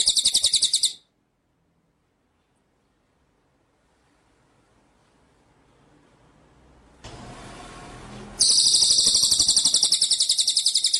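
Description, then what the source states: White-rumped shama song: a brief high trill, several seconds of near silence, a hissing noise burst, then a long fast pulsed trill. Masteran (training) track; full rolling (ngerol) and shooting (nembak) song style.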